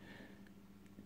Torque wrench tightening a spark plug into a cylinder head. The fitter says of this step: spark plug to spec click